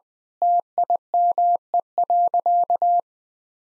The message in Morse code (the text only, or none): TIME.